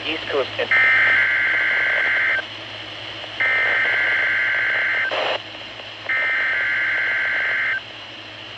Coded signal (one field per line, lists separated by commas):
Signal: Emergency Alert System (SAME) tones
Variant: header bursts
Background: speech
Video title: EAS | Required Weekly Test on KXI81 on a Midland WR120dsp | EAS #14